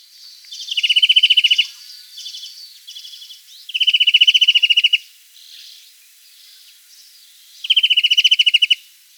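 European greenfinch giving rapid buzzy trills of even pulses, each lasting about a second, recurring every three to four seconds, with softer twittering notes in between.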